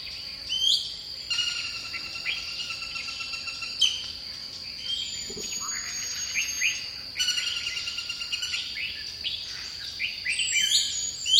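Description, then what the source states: Bird song: bursts of bright whistled and chirping notes, some sliding down, with a few high trills, over a steady high-pitched insect drone. Dipterocarp forest.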